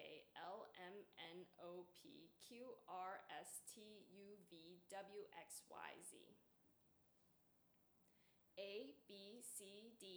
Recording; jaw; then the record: letters of the alphabet, spoken; free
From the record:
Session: seven days later